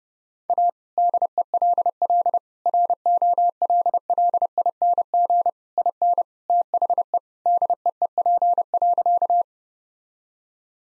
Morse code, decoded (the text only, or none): A DELL ROLLING IN THE DEEP.